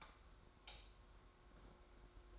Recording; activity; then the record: daily activity, microphone in the room; light off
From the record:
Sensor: 3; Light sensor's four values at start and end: 39/95/38/36 and 36/86/35/33